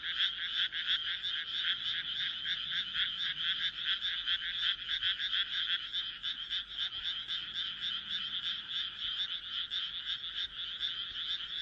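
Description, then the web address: Frog chorus, loud rattling croaks pouring out densely in the first half, then continuing a little thinner and steadier. "kaeru kaeru"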